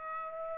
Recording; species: mosquito wingbeat signal from an infrared sensor; Aedes aegypti